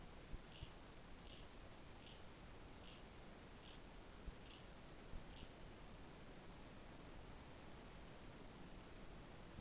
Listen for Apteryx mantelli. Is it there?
no